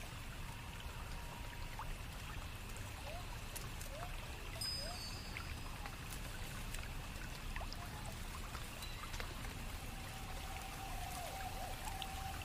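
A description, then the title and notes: Forest pond sounds: a steady, dense watery wash with a low rumble and constant trickling. A thin high whine holds throughout, short rising plinks or chirps appear around three to five seconds and again near eleven, and brief high bird-like notes sound near four seconds. Celestial night in mystic forest asmr ambience | enchanted forest pond sounds NO MUSIC. Calming water sound (flowing/dipping/swirling). Shimmering sound of magical flowers.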